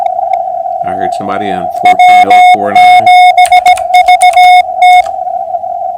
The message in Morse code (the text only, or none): W7VT